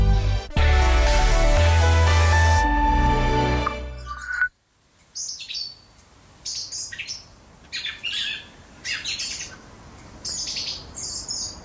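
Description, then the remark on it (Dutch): A few seconds of music cut off abruptly, then a blackbird, young or adult, sings softly in the bushes, practising its subsong for the new season in short, scattered warbling phrases separated by brief pauses, with a quiet hiss underneath. “Maar rij duisters hoort een merel die nog niet klaar is voor het voorjaar.”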